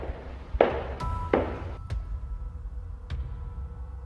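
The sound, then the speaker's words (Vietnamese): Five or so hard footsteps in a dormitory corridor land at an uneven pace, each a sharp, fairly loud thud with a brief ringing tail, heard alone with no talking. “Anh đạo diễn cho em tiếng bước chân đi.”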